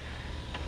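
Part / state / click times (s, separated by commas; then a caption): process chamber lid lock on a mask cleaner / released / 0.5 s. On a PSC 122M mask cleaner, the process chamber lid, which stays locked while the blower runs after cleaning ends, releases with a single short click at 0.6 s. A steady low machine hum runs throughout. The lid lock is released so the lid can be opened.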